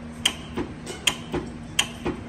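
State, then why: Seated. The electromagnetic clutch on a new A6 automotive A/C compressor is powered straight from a battery, and its clutch plate pulls in against the pulley with sharp metallic clicks at 0.3, 1.1 and 1.8 seconds. Each click is followed by a softer release sound. The clutch engages, though from the sound the clutch gap is judged to be rather large.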